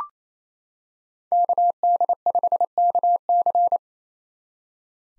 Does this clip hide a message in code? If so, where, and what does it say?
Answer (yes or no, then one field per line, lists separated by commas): yes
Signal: Morse code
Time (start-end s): 1.3-3.8 s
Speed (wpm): 28 wpm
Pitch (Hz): 700 Hz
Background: none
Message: KD5KC